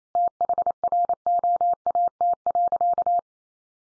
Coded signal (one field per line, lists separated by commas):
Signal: Morse code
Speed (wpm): 28 wpm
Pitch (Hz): 700 Hz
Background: none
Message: THROAT.